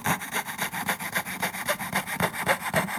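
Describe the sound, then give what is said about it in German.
A fretsaw cuts through wood in a hobby room in quick, steady strokes, a raspy back-and-forth buzz repeating about five or six times a second for the whole stretch, with no voices. “Heute war an Laubsägearbeiten nicht zu denken.”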